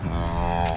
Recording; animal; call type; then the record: contact call of a hoofed animal; cattle; low-frequency (closed-mouth) or high-frequency (open-mouth) call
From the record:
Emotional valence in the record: negative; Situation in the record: full separation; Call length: 0.77 s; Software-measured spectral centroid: 2300 Hz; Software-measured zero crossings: 1250 a second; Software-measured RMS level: -24 dBFS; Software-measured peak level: -10 dBFS